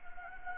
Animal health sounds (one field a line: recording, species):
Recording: mosquito wingbeat signal from an infrared sensor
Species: Anopheles gambiae